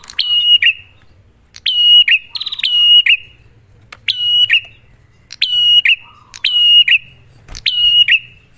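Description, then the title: Bar-winged prinia singing repeated phrases, each a clipped high note leading into a level whistle and a buzzy downturn, with uneven pauses between them. Prenjak lure audio for kept birds: duet of the Cililin and Kapas Tembak song styles. "Masteran Duet Cililin Vs Kapas Tembak. Pancingan Prenjak Gacor Suara Jernih"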